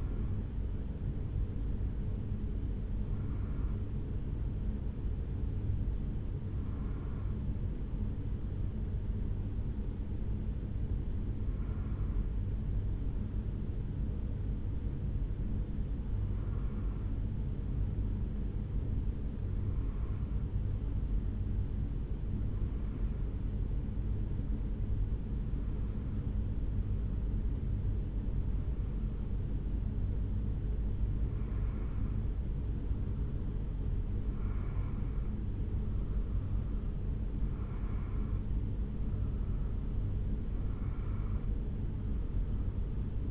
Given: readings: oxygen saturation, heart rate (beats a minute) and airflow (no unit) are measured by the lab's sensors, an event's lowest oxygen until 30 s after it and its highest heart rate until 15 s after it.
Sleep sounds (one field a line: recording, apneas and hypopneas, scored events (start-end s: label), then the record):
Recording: a person awake in a sleep study, by a smartphone at the bedside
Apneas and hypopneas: none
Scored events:
0.00-37.00 s: awake
31.00-43.31 s: new sleep stage, N1 (lightest sleep)
From the record:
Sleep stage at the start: awake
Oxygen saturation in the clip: 92 to 93%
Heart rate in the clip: 65 to 73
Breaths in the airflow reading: 13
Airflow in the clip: -3.4 to 3.6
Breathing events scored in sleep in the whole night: 449 in 7.0 hours asleep